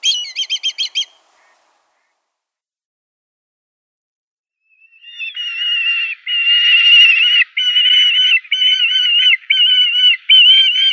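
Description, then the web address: Black kite calling: a brief burst of fast, high stuttering notes, a pause of several seconds, then a long, continuous run of shrill, quavering trilled whinnies. "Schulze Peter Black Kite"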